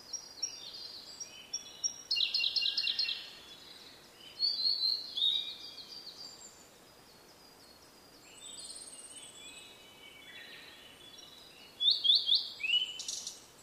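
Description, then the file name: Blue-and-white flycatcher song made of high clear whistles with stuttering, trilled endings, delivered in bursts spaced a few seconds apart. "oruri"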